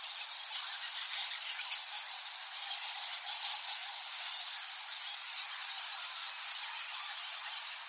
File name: bats thousands indonesia bali cave goa lawah temple